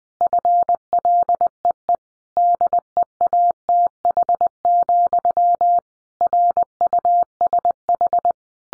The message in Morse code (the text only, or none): FLEE DEATH, RUSH